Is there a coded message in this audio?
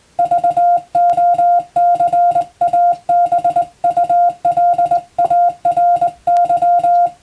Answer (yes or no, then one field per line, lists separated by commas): yes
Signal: Morse code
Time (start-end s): 0.2-7.1 s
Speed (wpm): 20 wpm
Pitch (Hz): 700 Hz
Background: music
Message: VOCABULARY